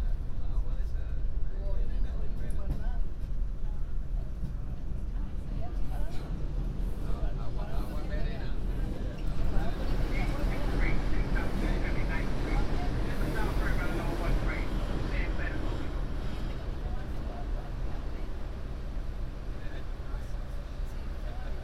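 Riding the downtown 1 train, a deep, steady rumble of the subway car fills the whole clip. Chatter from passengers runs throughout, thickening around the middle with overlapping voices. Faint metallic clicks and squeals flicker above the constant low roar.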